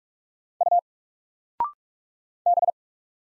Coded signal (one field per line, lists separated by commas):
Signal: Morse code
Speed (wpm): 46 wpm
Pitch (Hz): 700 Hz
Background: none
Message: U B